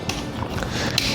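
A key turns in the frame battery lock of a 20-inch lightweight folding Lankeleisi MONO8 e-bike, with small ticks and rattles at about 0.1, 0.4 and 0.6 seconds. A sharp click comes at 1.0 second as the lock opens, and the battery is released.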